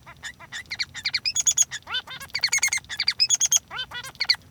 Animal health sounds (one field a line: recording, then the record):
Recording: song of a male Bengalese finch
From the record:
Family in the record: son of father 3